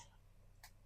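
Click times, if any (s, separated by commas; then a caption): 0.6 s. A swappable default plastic grip hand is pulled off an action figure's wrist peg, giving a short, sharp pop at 0.6 s over a quiet, steady low background hum. The hand comes free of the peg.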